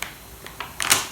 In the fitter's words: this is now clicked in place